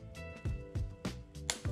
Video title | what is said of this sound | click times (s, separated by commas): BP Autosports Tech - Building Spark Plug Wires | hear it click as I put it on here like | 1.5 s